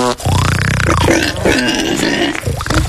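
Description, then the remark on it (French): A person imitates a pig, letting out loud, rough, guttural grunts and snorts in a continuous run lasting about three seconds, with no words spoken. “Mais il a un porc chez lui.”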